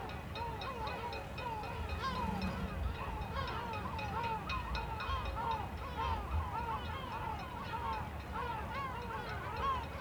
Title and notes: Goelands dans le vent. Au bord d'un bassin du Grand Port d'Aix-les-bains, le vent du Nord souffle et fait sonner les mats des bateaux en arrière plan, dans le ciel un groupe de goelands tournoie en criant